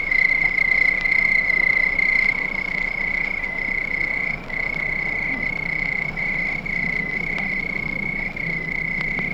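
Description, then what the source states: Cricket chorus: a continuous high trill over a quiet low hum. Crickets at night.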